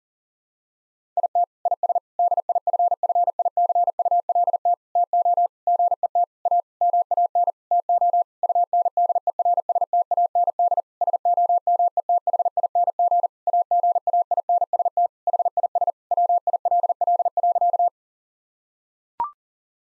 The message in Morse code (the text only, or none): IT IS DIFFICULT TO GET A MAN TO UNDERSTAND SOMETHING AGAINST HIS WILL.